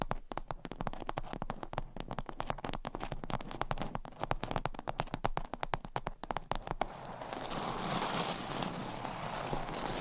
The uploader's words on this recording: ASMR Tapping and Scratching with 50 Different Mics , Items & Nails (No Talking).